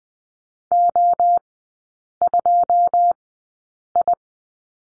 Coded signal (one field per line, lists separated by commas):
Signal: Morse code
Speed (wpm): 20 wpm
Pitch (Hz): 700 Hz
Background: none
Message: O 2 I